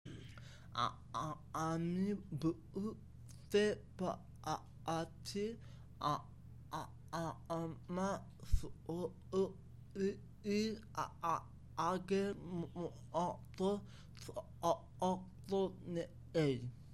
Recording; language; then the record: elicited speech; Bengali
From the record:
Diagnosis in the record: Broca's or global aphasia after a stroke